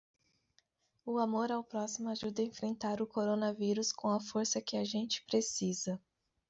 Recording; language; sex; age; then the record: spoken sentence; Brazilian Portuguese; female; 30 to 39 years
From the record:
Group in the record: control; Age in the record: 30 years